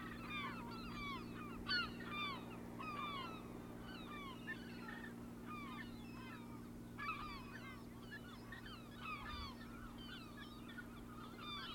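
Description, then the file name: Gulls calling in bursts, groups of overlapping mewing and yelping notes every second or two, over a steady low hum. "Seagulls"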